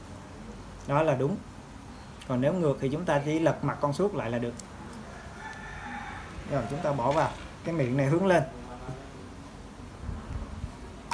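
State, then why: Not seated. A bobbin is placed into the bobbin holder of a Juki Spur98 sewing machine with its opening facing up and lined up before being pressed in, while someone talks. Only speech and faint background noise are heard; the bobbin has not clicked into place yet.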